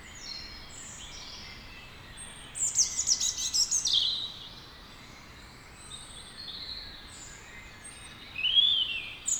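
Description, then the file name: European robin song: a bright phrase of high, rapid, rattling and sliding notes, a long pause, then a short whistled note near the end. "Erithacus rubecula"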